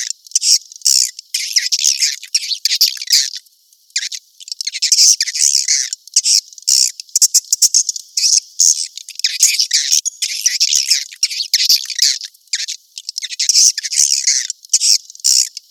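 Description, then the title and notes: Swiftlet chirps in high, buzzy bursts of twittering, broken by short abrupt silences that give a choppy, stop-start rhythm. Asia; sound used in swiftlet farming to attract birds. "Swiflet Bird Sound. Farming Swiflet Bird asia sound"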